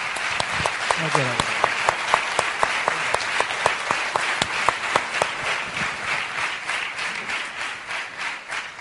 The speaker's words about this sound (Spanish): Pues vamos a darle un fuerte aplauso a Miguel Aracil.